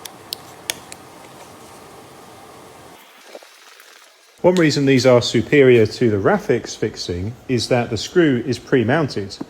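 A plastic cover cap is pressed onto a Cabineo cabinet connector fitted in a furniture panel recess, with the pre-mounted screw extended. Sharp, fast-decaying clicks at 0.3 s and 0.7 s mark the cap snapping into place over a low steady background, with fainter ticks around them. The cap is seated, and from about 4.4 s someone talks.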